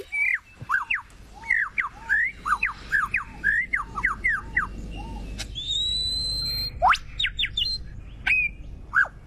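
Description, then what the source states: Lyrebird mimicking a whipbird: a rapid series of repeated upslurred whistled notes, then a long drawn-out whistle followed by sharp upswept notes. Male imitating a whipbird's call; males add species after species to their repertoire and can imitate at least 20 species.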